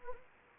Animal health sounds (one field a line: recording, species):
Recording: mosquito wingbeat signal from an infrared sensor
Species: Anopheles arabiensis